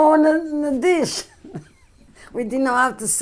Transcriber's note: chuckles